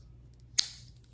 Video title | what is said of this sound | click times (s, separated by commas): Atlanta Blade Show 2024 Day 1: INCREDIBLE Knives and Blades! | And listen to this. Hear that snap? | 0.6 s